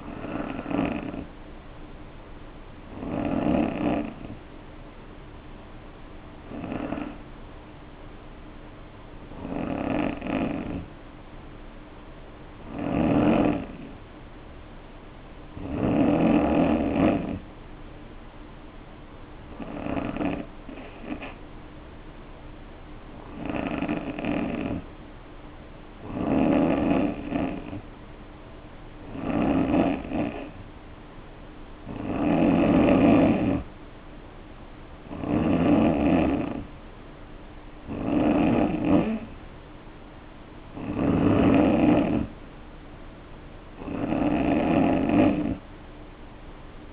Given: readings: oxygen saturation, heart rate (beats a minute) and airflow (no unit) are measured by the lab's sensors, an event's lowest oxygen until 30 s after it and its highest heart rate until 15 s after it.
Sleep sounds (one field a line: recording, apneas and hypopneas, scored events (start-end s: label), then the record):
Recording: breathing in sleep by a voice recorder at the bedside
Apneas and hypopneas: 1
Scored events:
5.00-31.50 s: hypopnea (N3, oxygen 94% highest, then 87% lowest, heart rate 53 at the start, 63 highest)
From the record:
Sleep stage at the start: N3 (deep sleep)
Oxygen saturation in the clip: 89 to 94%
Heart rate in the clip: 52 to 63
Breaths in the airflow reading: 15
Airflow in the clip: -3.0 to 2.8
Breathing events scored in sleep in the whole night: 520 in 7.2 hours asleep